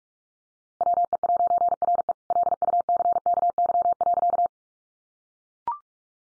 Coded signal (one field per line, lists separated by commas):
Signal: Morse code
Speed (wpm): 44 wpm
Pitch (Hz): 700 Hz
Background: none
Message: WE'RE LUCKY.